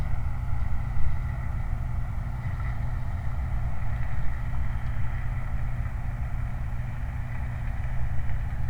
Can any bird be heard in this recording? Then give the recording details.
no. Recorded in the Prudhoe Bay oil fields, Alaska, on 29 July 2019. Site 29